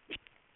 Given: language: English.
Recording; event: throat vibration sensor signal played as sound; swallow